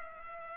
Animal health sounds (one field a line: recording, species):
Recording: mosquito wingbeat signal from an infrared sensor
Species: Culex pipiens